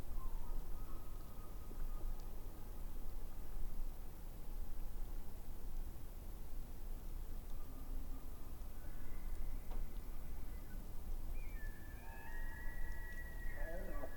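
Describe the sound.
Elk calling with several thin, high whistles over a steady low background rumble.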